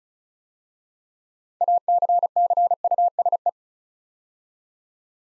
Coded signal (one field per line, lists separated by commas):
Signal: Morse code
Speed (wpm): 36 wpm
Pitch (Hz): 700 Hz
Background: none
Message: ACCUSE